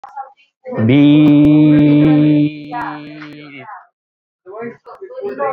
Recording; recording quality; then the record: sustained vowel as in beet; excellent, no background noise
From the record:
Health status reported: respiratory illness, not identified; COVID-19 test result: negative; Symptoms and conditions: cough, chronic lung disease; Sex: male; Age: 48 years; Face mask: not worn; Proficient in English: yes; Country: India